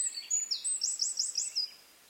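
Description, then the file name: Eurasian wren song: loud, high, tumbling notes with a quick rattling trill in the middle, ending abruptly and followed by quiet. "Troglodytes troglodytes"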